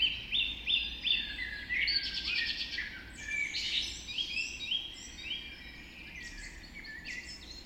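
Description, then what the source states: Dawn chorus of mixed birdsong, rapid chirps and trills overlapping densely early on, thinning to lighter twittering toward the end. Dawn chorus recorded just after dawn in the Forest of Dean.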